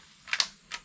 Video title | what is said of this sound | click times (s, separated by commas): Crossbow vs 22 cal. Rifle Penetration test. I Ruined My Bolts. | and you heard it click in | 0.3 s, 0.4 s